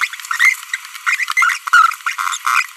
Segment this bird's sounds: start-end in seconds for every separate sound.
0.01-0.06, 0.31-0.54, 0.73-0.76, 1.07-1.16, 1.20-1.24, 1.37-1.56, 1.73-1.94, 2.46-2.62